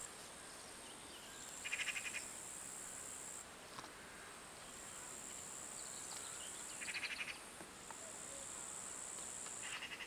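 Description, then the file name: Eurasian magpie chattering in three short, dry rattles spaced a few seconds apart, with a steady high-pitched insect drone throughout. "Pica pica"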